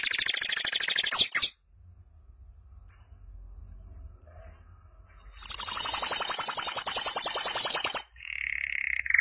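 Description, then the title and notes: Canary song: a fast buzzy trill that stops abruptly, a quiet pause with faint low hum, then another long rapid rattling trill ending in a steadier whistled tone. "BM Suara Kenari. BM Suara Burung Kenari"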